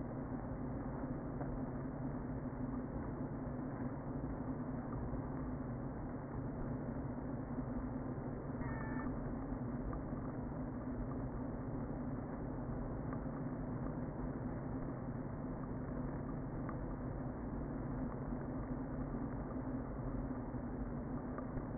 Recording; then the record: honeybee colony, microphone inside the hive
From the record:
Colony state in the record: queen present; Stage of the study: before two queens were removed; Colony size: about 60,000 bees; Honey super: yes